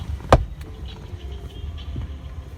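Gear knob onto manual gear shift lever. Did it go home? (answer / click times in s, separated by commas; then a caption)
yes / 0.3 s. A new gear knob is pressed down with body weight onto the manual gear shift lever of a Maruti Suzuki Ciaz until its internal lock engages. A sharp click at 0.3 s shows the knob has locked onto the lever, followed by a faint tick near 0.6 s over low background rumble.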